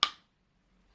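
A plastic Ring alarm sensor, hooked in at the bottom and then pressed down at the top, snaps onto its plastic mounting bracket with a single sharp, loud click at 0.03 s. The click rings briefly and fades by about 0.2 s, leaving only a faint low background hum. The sensor locks in place, seated and ready to go.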